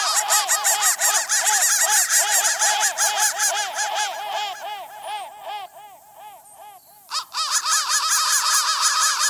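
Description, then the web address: Crows cawing: rapid harsh arched notes from several birds, a brief quieter lull in the middle, then loud overlapping caws resume. "soundfactory crow"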